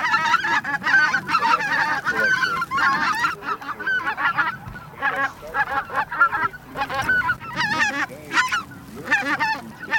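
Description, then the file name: Greater white-fronted goose: many greater white-fronted geese yelp and honk together, a busy, overlapping chorus of high calls that swells in waves, with a quieter gap near the middle. Flock chorus ('bazaar') of white-fronted geese, a track for an electronic hunting caller. "Белолобый базар"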